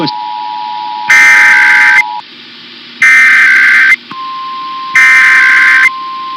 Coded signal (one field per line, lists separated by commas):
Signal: Emergency Alert System (SAME) tones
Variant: header bursts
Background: speech